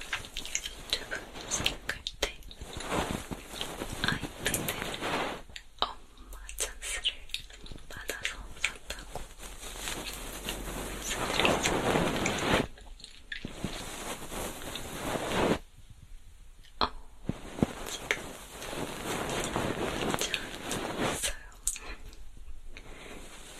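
Ear cleaning with a feather pick: soft brushing and scratching rubs that swell and fade unevenly, with sharp crackles and brief quiet gaps.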